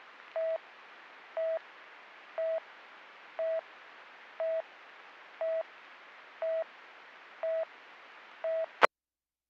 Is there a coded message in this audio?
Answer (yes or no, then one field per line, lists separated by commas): no